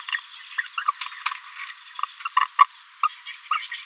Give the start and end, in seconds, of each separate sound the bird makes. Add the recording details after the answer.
0.57-0.62, 2.36-2.46, 2.58-2.65, 3.03-3.09, 3.50-3.59, 3.71-3.76. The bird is a female. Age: 26 days. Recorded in a nest box in Venezuela. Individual 17B73B3